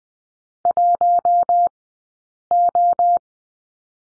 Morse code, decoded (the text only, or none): 1O